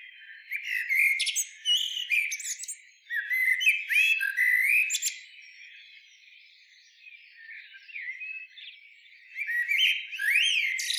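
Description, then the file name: Common blackbird singing rich, fluty warbles, each phrase closing with sharp high squeaks and twitters, the phrases coming every few seconds. "Turdus merula"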